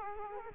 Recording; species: mosquito wingbeat signal from an infrared sensor; Culex quinquefasciatus